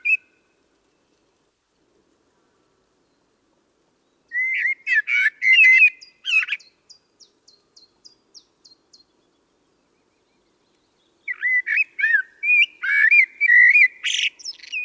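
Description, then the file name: Common blackbird song: a rich warbled phrase with high scratchy ends, a trail of faint thin ticking notes, a long pause, then another fluting phrase. "Turdus merula"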